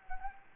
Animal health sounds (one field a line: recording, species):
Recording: mosquito wingbeat signal from an infrared sensor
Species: Anopheles gambiae